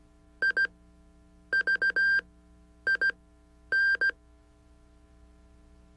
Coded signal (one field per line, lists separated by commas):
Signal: Morse code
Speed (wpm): 16 wpm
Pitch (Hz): 1600 Hz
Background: none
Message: IVIN